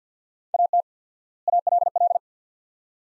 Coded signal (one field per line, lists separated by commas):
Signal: Morse code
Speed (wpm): 50 wpm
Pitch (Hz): 700 Hz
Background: none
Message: AT ALL